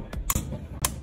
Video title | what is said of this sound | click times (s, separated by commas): ประแจปอนด์ ยี่ห้อ Gedore Torque Red รุ่น 40-200Nm | ถึงค่าทองแล้วมันจะมีเสียงดังคลิกนะครับ | 0.3 s, 0.8 s